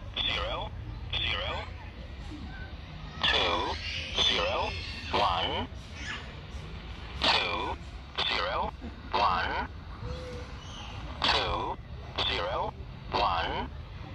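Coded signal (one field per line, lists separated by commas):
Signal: numbers station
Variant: E07 English Man, English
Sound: male voice reading short words at even intervals through hiss and noise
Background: radio static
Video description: 11023 kHz USB - E07 "English Man" Numbers Station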